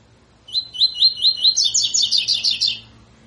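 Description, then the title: Double-collared seedeater singing a series of upslurred whistles that speed up into a rapid, higher, rattling sequence before stopping. Tui tui fibra song style, used as a tutor song for training birds. "COLEIRO TUI TUI FIBRA CANTO PROFESSOR"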